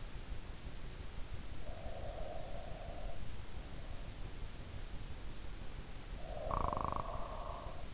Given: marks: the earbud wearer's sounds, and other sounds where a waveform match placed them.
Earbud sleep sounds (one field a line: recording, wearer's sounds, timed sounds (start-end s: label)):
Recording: sounds in sleep by an in-ear microphone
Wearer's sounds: breath, snoring breath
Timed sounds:
1.65-3.28 s: breath
6.31-7.94 s: snoring breath